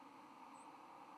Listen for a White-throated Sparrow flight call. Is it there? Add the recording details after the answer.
no. Another species' flight call is heard. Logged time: 09:30 on 13 November 2014